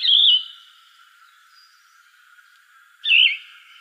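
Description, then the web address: Yellow-throated vireo giving two burry, down-slurred song phrases about three seconds apart, separated by quiet hiss. "Shrikes Vireos YTVI 090308. deviche"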